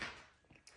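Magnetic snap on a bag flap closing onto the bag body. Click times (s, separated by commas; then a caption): 0.7 s. The fold-over flap of a sewn vinyl Fibi Fold-Over Crossbody bag (Oro Rosa Patterns) is folded down, and its magnetic snap closes onto the mating half on the bag body. A soft broad rustle at the start fades out, followed by a faint tap at 0.6 s and a sharp, brief click at 0.7 s as the snap seats closed.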